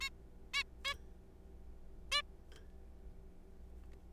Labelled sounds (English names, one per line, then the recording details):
Zebra Finch
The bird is a juvenile
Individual R3428